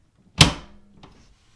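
A black ink cartridge is slid into its slot on the left of the carriage of an HP Deskjet 2742 printer and pushed home with the thumb. A single sharp, loud click at 0.4 s marks it seating, followed by a fainter knock at 1.0 s. The cartridge is seated.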